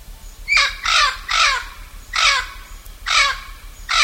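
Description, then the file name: Blue-fronted amazon giving harsh, raspy squawks that slur downward, about six at uneven intervals of roughly half a second to a second, with a low steady hum beneath. "blue fronted parrot"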